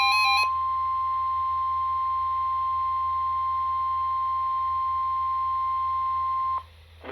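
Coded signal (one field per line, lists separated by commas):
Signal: Emergency Alert System (SAME) tones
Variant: 1050 Hz attention tone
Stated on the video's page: Required Weekly Test from a NOAA Weather Radio transmitter issued by the National Weather Service.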